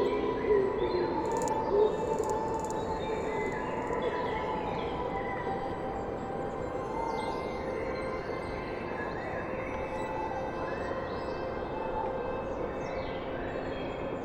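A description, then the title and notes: Many birds sing together at dawn over a steady low rumble, with bright chirps and trills scattered densely throughout. A dawn chorus recorded at Kelling Heath in North Norfolk. Sharon sanderson - field recordings.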